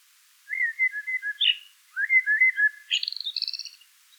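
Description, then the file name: Common blackbird song: two low, mellow fluted warbling phrases, each ending in a higher, squeaky twitter, the second twitter a fast rattling trill. "Turdus merula"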